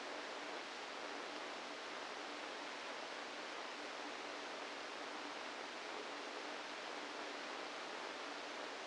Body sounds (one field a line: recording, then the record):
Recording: brain microelectrode recording played as sound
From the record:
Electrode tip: inside the subthalamic nucleus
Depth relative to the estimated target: -2 mm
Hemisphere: right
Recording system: NeuroSet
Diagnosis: Parkinson's disease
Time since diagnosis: 7 years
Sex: female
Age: 68 years